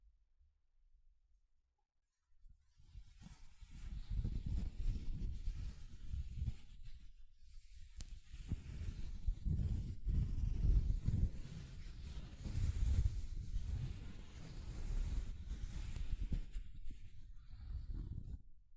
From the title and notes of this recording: ASMR Mic Brushing using Soft Fabric (No Talking).